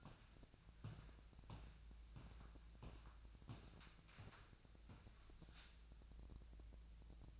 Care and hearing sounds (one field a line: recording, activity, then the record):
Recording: daily activity, microphone in the room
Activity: walk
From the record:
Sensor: 2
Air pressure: 1012.1 hPa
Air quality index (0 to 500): 172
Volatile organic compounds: 2 ppm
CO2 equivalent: 1257 ppm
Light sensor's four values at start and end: 44/117/49/55 and 43/115/48/54